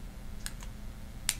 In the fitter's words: and it has a nice nice click to let you know you've got the cap on there securely